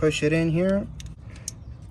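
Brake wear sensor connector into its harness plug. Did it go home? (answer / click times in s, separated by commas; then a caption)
yes / 1.5 s. Someone talks while the plastic electrical connector of a new brake pad wear sensor, from a front and rear brake pad replacement on a 2020 Chevy Z71, is pushed into its mating harness plug. A faint tick comes at about 1.1 s, then a sharp click at 1.5 s as the connector seats.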